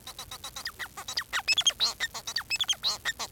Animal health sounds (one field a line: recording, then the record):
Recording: song of a male Bengalese finch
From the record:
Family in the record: son of father 4